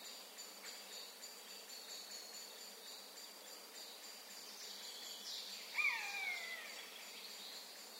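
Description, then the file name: Eurasian jay calling once near the end, a falling mew, over a faint high background. "Garrulus glandarius"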